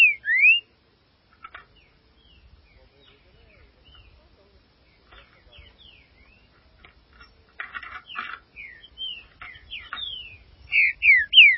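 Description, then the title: Green-winged saltator song: a loud slurred whistle, a long stretch of soft chips and twitters, then a burst of loud whistled notes. "Trinca Ferro"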